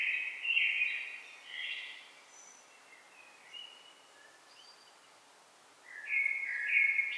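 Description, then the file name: Blackbird song with a mellow warbled phrase at the start, a few faint soft notes in the gap, then another rich fluty phrase near the end. "Turdus merula"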